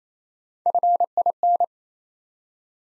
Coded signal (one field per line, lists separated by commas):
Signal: Morse code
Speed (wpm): 28 wpm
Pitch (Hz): 700 Hz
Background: none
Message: FIN